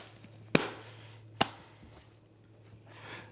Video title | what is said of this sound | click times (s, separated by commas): All Apple Accessories #apple #MacBook #iPad #iphone | And so, it just snaps into place. | 0.6 s, 1.4 s